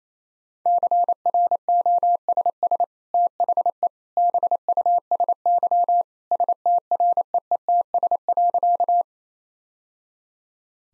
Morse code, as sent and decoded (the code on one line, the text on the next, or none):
-.-. .-. --- ... ... / - .... . / -... ..- ... -.-- / ... - .-. . . - ... .-.-.-
CROSS THE BUSY STREETS.